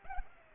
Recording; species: mosquito wingbeat signal from an infrared sensor; Culex pipiens